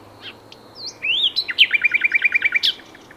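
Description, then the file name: Common nightingale phrase: a few soft notes, a rising whistle, then a quick series of repeated chirps. "Luscinia megarhynchos"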